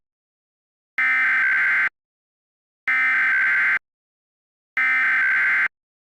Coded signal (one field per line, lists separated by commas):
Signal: Emergency Alert System (SAME) tones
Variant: header bursts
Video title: EAS MOCK: Flash Flood Emergency from August 28th, 2016